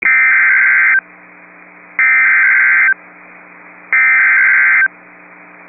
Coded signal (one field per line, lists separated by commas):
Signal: Emergency Alert System (SAME) tones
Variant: header bursts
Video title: Severe Thunderstorm Warning (Sioux County, ND) (8/28/24) [EAS #21]